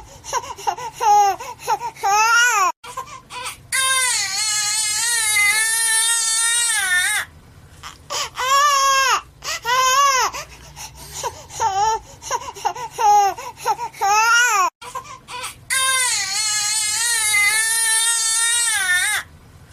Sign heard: Baby Crying.